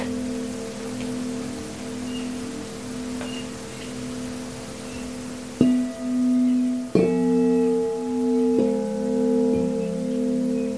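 Crystal singing bowls hum in long sustained tones, struck anew near six, seven and eight-and-a-half seconds, each strike swelling and pulsing before fading.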